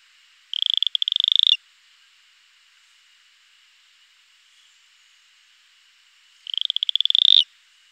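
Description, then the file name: Cayenne stubfoot toad calling, two buzzy pulse trains about one second long, rising in loudness, spaced roughly six seconds apart over a faint steady hiss. "Atelopus franciscus"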